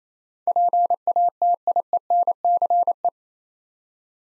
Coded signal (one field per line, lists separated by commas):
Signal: Morse code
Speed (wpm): 28 wpm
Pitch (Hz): 700 Hz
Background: none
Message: PATIENCE